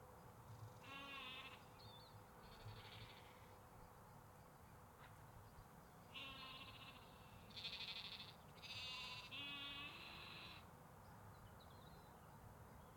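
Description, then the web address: Sheep bleating: several wavering, nasal bleats come in scattered bursts over a steady hiss. Sheep and lambs recorded in canals, parks and forests in the UK. "Sonniss com - GDC 2023-Game Audio Bundle 344 Audio- UK Canals, Parks Forests Sheeps Lamps"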